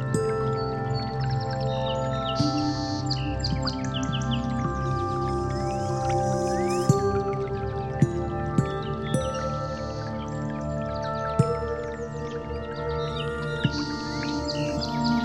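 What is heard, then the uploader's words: Soft bird chirps flicker high over a steady, calm musical drone of sustained tones, with occasional gentle chimes ringing out every few seconds. Nature Sound with background Bird chirping.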